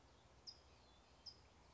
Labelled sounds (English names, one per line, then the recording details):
California Towhee
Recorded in Sonoma County, California